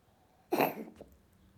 Cat Coughing.